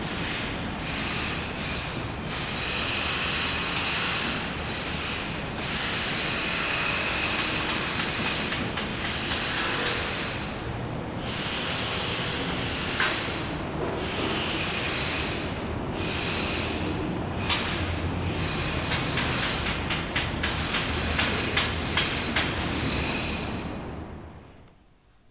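Construction work fills the scene with a loud, continuous metallic grinding and screeching, bright high whines riding over a low rumble. The din holds steady with brief dips every few seconds, then drops away quickly in the final second.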